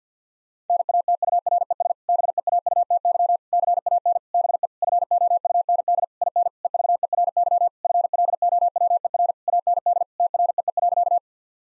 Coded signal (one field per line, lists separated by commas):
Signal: Morse code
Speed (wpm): 50 wpm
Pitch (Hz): 700 Hz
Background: none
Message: NATURES BEAUTY CAN BE FOUND IN EVERY FLOWER AND TREE.